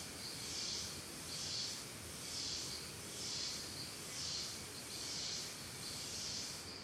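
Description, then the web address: Cicadas in a dense, hissing chorus that swells and fades in regular pulses about once a second, over a soft, steady background. Calm forest ambience in Costa Rica. "Big Room Sound Ciccadas Birds Costa Rica Calm"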